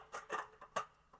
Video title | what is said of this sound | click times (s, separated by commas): DETV presents Good Morning Wilmington | and as you can see this snaps in place these have items that on the bottom | 0.8 s